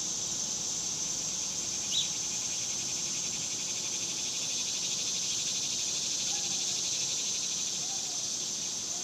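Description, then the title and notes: Cicadas give a continuous high-pitched buzzing drone, steady throughout with a faint pulsing texture. Recorded outdoors in summer in the suburbs. "Ext Summer Cicadas, Suburbs by Bandeto"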